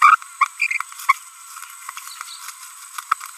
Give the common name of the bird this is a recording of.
Green-rumped Parrotlet